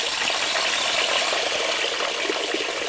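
Water rushes and churns in a steady, unbroken stream, a bright hissing wash with faint crackling texture that holds the same level for about three seconds, with no voices.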